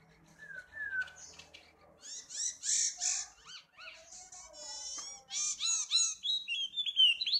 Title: Pleci wallacea